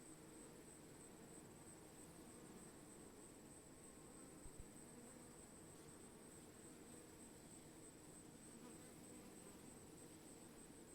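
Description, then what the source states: Bees humming as a swarm, a thick, constant droning buzz that stays level throughout, broken once near the middle by two soft taps. Bees recorded while swarming.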